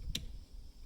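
The latch on a Barr portable typewriter's case, on the case lid/base, is slid to the right to undo it. A single sharp tick is heard at 0.15 s as the latch clicks open and releases.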